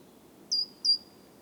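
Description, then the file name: Great tit giving two thin, high-pitched call notes in quick succession, each starting sharply then easing downward into a faint lingering tail; soft low background noise. "Parus major"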